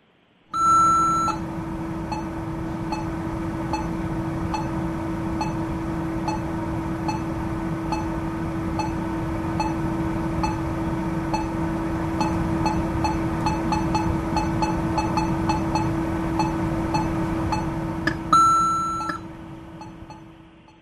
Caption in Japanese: 心電図モニター音ですか？。 リズムちょっと変わってましたよね。 心電図、かっこ不安定。